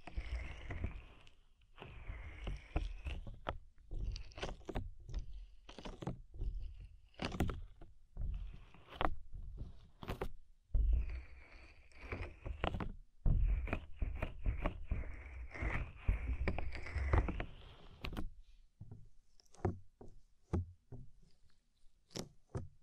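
Soft, fluffy ASMR triggers: dense rustling and brushing strokes arrive in repeated bursts, mixed with crisp taps and clicks that become sparser and sharper toward the end. Soft low thumps sit underneath much of it, and the rhythm is quick and uneven.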